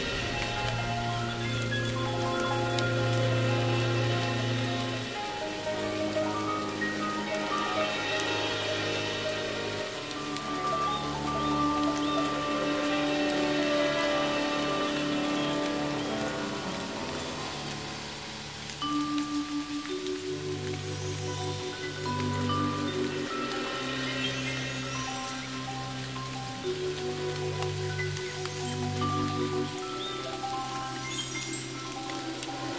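A soft, mellow music mix plays at an even level, with sustained chords and a low bass line that shifts to a new note every few seconds. Gentle rain hisses steadily underneath throughout, a light, constant patter behind the music.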